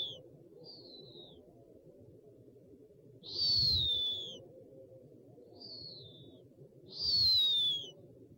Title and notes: Sovy - Eulen - Owls. 69 variant hlasů - 11 druhů sov